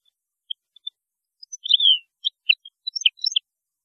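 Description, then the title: European goldfinch song: scattered high chirps building to a slurred descending note, followed by quick tinkling twitters. "Chant Chardonneret"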